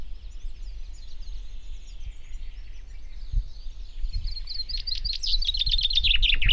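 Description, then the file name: Common chaffinch song: faint high notes at first, then a loud series of repeated notes that drops in pitch toward the end, over low rumbling background noise. "Fringilla coelebs"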